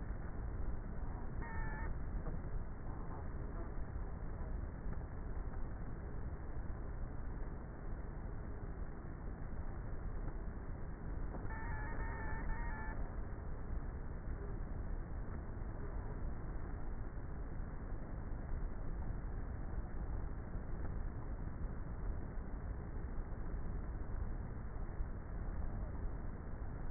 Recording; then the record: honeybee colony, microphone inside the hive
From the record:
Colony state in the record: queenless with a low population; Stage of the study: before two queens were removed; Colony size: about 30,000 bees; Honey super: no